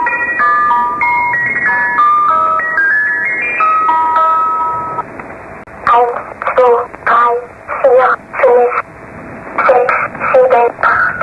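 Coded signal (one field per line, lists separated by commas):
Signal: numbers station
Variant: Swedish Rhapsody, German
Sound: a tinkling music-box melody, then a female voice reading single spoken numbers slowly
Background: music-box tune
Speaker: 소개하는 난수 방송은 매니아들 사이에서 가장 소름끼친다는 스웨디시 랩소디입니다이 난수 방송은 1950년대 폴란드나 동독에서 송출된 것으로 알려져 있습니다 오르골의 음악 소리가 몇 차례 반복되고 으스스한 여자의 목소리가 독일어 숫자를 한자씩 끊어서 읽어 줍니다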